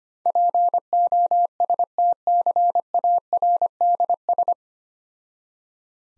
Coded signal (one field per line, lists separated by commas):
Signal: Morse code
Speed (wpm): 25 wpm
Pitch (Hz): 700 Hz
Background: none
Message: POSTCARDS